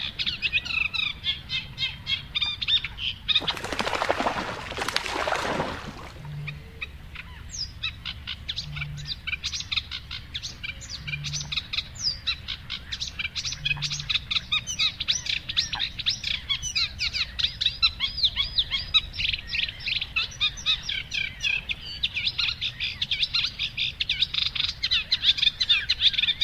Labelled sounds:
Eurasian Reed Warbler (Acrocephalus scirpaceus) song

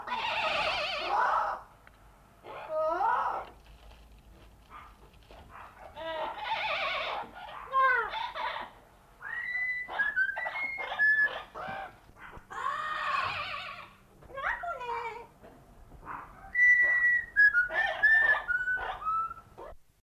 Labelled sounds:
Yellow-crowned Amazon (Amazona ochrocephala) call

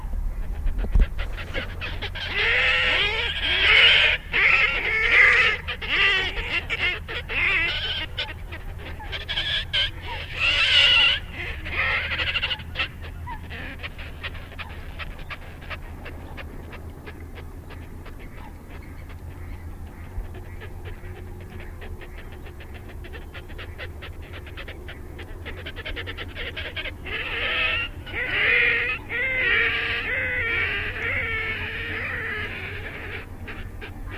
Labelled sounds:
Red-necked Grebe (Podiceps grisegena)

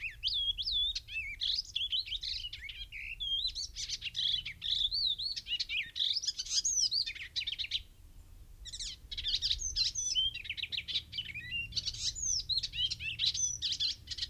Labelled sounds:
Icterine Warbler (Hippolais icterina) song

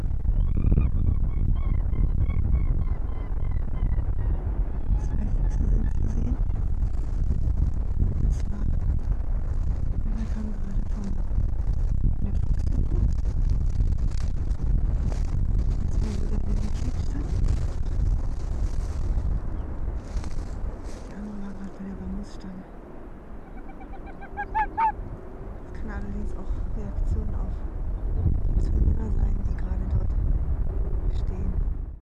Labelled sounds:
Arctic Fox (Vulpes lagopus)

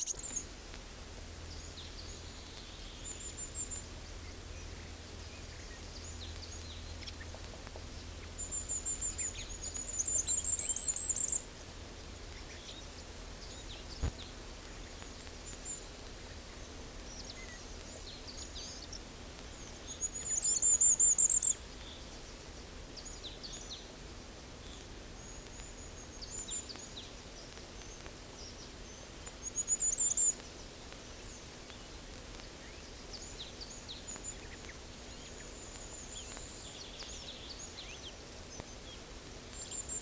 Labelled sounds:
Eurasian Blue Tit (Cyanistes caeruleus)

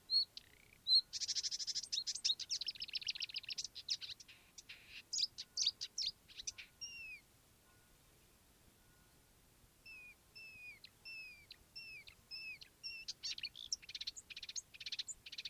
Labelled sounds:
Marsh Warbler (Acrocephalus palustris)

